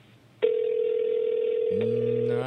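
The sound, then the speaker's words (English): A steady, loud electronic Skype incoming-call tone holds one mid pitch for about two seconds, joined near the end by a lower, buzzier second tone before both cut off. No one speaks. “This is somebody who's calling.”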